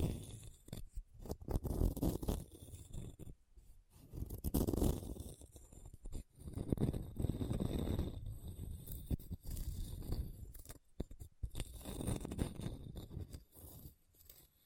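Scratching across a hard, bumpy surface comes in rough, grainy bursts, each lasting a second or two, separated by brief silences. The strokes are mostly low and gritty, with occasional sharper clicks, and the rhythm stays uneven throughout.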